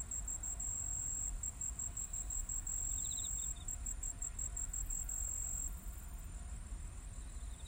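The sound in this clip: Cricket chirping in a fast, high, pulsed trill that runs for about six seconds and then stops, over a steady low rumble.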